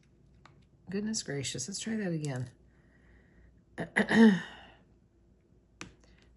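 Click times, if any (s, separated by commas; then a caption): 5.8 s. A small resin diamond drill is pressed into its spot on an adhesive diamond painting canvas after a few failed tries, while someone talks and then coughs and clears their throat. A sharp little click at 5.8 s marks the drill seating in place, followed by a few faint ticks.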